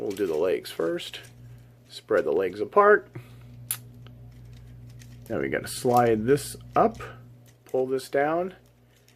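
Someone talks while handling the plastic leg and foot parts of a Studio Series Voyager Optimus Prime Transformers Generations action figure, spreading the legs apart, then sliding one part up and pulling another down. A few short, sharp handling sounds occur between the speech, but the parts have not clicked into place yet by the end of the clip.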